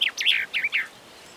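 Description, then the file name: Common chaffinch giving a short burst of a few high, slurred, descending chirps within under a second, then quiet. "Fringilla coelebs"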